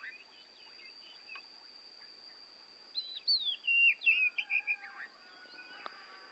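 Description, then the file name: Oriental magpie-robin giving a short burst of sweet slurred whistles against a hissy background with a steady high tone. Oriental magpie-robin from Borneo; a recording meant for training other songbirds to copy its song (masteran). "kacer borneo"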